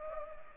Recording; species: mosquito wingbeat signal from an infrared sensor; Culex pipiens